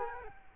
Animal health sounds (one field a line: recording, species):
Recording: mosquito wingbeat signal from an infrared sensor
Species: Culex quinquefasciatus